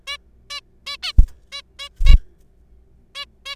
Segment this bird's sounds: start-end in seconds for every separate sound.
0.07-0.17, 0.50-0.60, 0.86-0.97, 1.03-1.13, 1.52-1.62, 1.79-1.88, 2.06-2.16, 3.15-3.25, 3.46-3.55